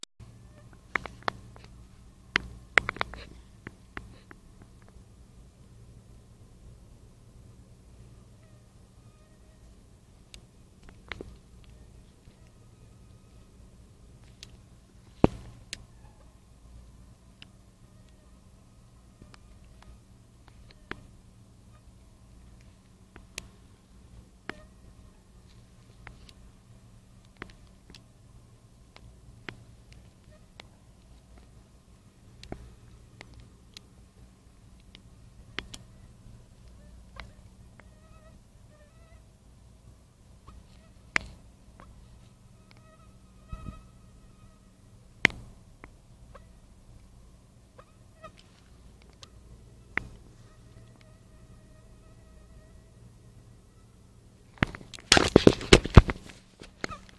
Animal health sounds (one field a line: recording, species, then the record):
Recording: mosquito flight sound by mobile phone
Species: Anopheles stephensi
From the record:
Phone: Nokia 5235